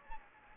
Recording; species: mosquito wingbeat signal from an infrared sensor; Anopheles gambiae